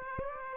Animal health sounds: mosquito wingbeat signal from an infrared sensor; Aedes aegypti

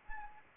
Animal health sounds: mosquito wingbeat signal from an infrared sensor; Anopheles arabiensis

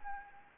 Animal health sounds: mosquito wingbeat signal from an infrared sensor; Anopheles arabiensis

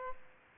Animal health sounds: mosquito wingbeat signal from an infrared sensor; Aedes aegypti

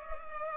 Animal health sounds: mosquito wingbeat signal from an infrared sensor; Culex pipiens

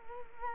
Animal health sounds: mosquito wingbeat signal from an infrared sensor; Culex quinquefasciatus

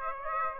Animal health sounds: mosquito wingbeat signal from an infrared sensor; Aedes aegypti

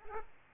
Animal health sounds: mosquito wingbeat signal from an infrared sensor; Aedes aegypti

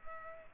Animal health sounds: mosquito wingbeat signal from an infrared sensor; Culex pipiens

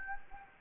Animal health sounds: mosquito wingbeat signal from an infrared sensor; Anopheles gambiae

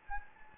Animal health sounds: mosquito wingbeat signal from an infrared sensor; Anopheles gambiae

